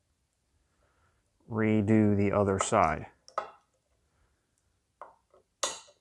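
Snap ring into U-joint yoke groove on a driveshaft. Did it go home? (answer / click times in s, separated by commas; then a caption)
yes / 5.6 s. Someone talks while a new steel snap ring is pressed into the cleaned groove of a driveshaft U-joint cup in the yoke of a 2004 Chevrolet Suburban 2500 4x4 with the 8.1 during a U-joint replacement. A few faint ticks are followed by a sharp metallic snap at 5.6 s as the ring seats in its groove. The snap confirms the ring is locked in position, which is why the groove was cleaned first.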